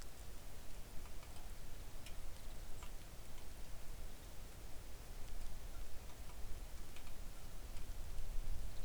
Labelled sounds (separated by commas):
songbird, rain